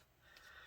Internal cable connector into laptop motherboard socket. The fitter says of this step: line up this connector push it back down you'll hear it click in place